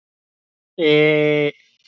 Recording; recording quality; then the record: sustained vowel as in made; excellent, no background noise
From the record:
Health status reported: healthy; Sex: male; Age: 19 years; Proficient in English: yes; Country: India